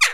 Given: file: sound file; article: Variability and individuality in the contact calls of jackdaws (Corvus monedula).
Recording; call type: jackdaw call; harmonic